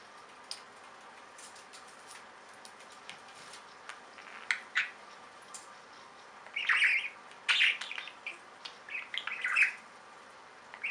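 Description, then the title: Budgerigar chatter, soft at first with scattered clicks, growing into louder scratchy warbled chirps in the second half over a low hiss. "Budgie Sounds"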